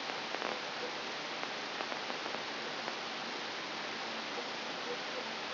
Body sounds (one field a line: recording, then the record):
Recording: brain microelectrode recording played as sound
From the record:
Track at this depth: inside the subthalamic nucleus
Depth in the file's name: 1.154 mm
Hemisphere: right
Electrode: 3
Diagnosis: Parkinson's disease